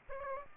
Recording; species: mosquito wingbeat signal from an infrared sensor; Aedes aegypti